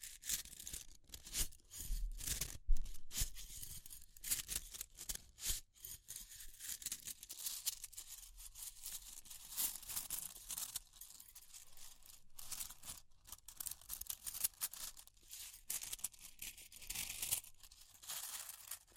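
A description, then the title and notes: Fire crackling, a dense run of sharp, bright snaps and rustling pops that never settles into a regular beat. Some heavier low thumps sound in the first three seconds, and the crackle thins and swells unevenly throughout. Fire Crackling, Tapping, Scratching.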